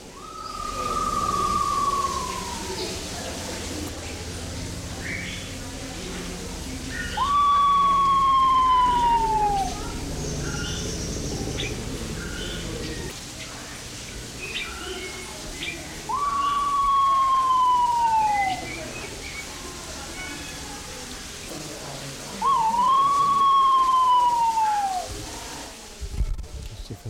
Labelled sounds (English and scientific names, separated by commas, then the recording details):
Pheasant Pigeon (Otidiphaps nobilis) call
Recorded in captivity
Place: Zoo Berlin, Berlin, DE
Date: 1992-10-24 11:55
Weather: bedeckt, 4-6°C
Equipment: Marantz CP 430, Sennheiser ME 80, Kopie Tesla B 116
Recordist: Tembrock, Günter